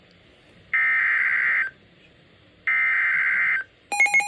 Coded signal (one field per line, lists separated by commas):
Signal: Emergency Alert System (SAME) tones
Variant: header bursts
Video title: Severe Thunderstorm Warning (EAS #744) 4/3/25